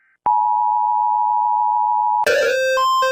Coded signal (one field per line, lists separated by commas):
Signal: Emergency Alert System (SAME) tones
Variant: 853 and 960 Hz attention tone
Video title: Eas alarms ⏰️